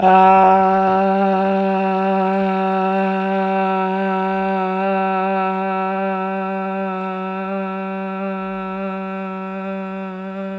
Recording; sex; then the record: sustained vowel /a/; female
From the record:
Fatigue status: fatigue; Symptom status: symptomatic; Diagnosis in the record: COVID-19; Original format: m4a